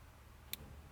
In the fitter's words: you're going to push them together nice and tight and you're going to hear it click into place